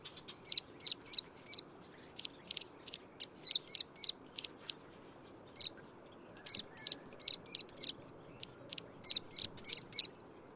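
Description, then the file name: Plain prinia calls: short, sharp, buzzy high notes given in quick clusters separated by brief pauses, over steady background noise. "褐頭鷦鶯"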